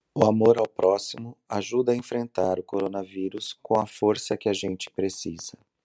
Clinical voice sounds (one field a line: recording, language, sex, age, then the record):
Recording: spoken sentence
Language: Brazilian Portuguese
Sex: male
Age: 50 to 59 years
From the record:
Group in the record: control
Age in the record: 52 years